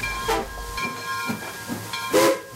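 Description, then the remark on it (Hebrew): A steam train hisses in short bursts while a steady, high whistle tone sounds over a low rumble, with a louder blast of steam near the end; a train boarded at a station for the journey to Warsaw. “נהרנו לתחנת רכבת, עלינו לרכבת ונסענו לוורשה.”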